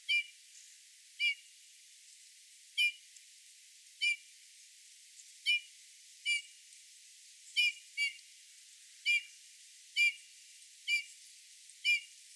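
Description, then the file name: Eurasian bullfinch giving soft, plaintive whistled call notes, repeated roughly once a second with occasional quick doubles, some twelve notes in a steady series. "Pyrrhula pyrrhula"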